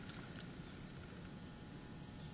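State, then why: Not seated. A rifle safety lever is slid in from the front into the trigger group housing during reassembly, so its small metal clip grabs the pin. Faint handling ticks are heard near 0.1 s and 0.4 s over a steady low hum. Nothing has seated or clicked yet.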